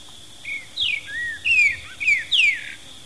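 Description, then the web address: Streaked saltator song: loud whistled notes that swoop downward, delivered in a lively phrase of about two seconds over a faint high whine. Ecuador. "Birds of Ecuador Streaked Saltator"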